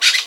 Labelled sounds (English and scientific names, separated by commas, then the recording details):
Brown-throated Parakeet (Eupsittula pertinax) contact call
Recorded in Venezuela
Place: Guárico; Corozopando; Fundo La Fe
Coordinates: 8.506, -67.593